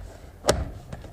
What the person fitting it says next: All right, now we got the piece snapped into place.